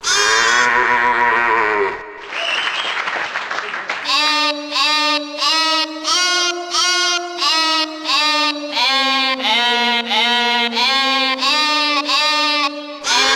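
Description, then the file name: Sheep giving a long wavering bleat, then a brief rough noise, followed by a steady run of short repeated bleats with slightly shifting pitch. "ovce"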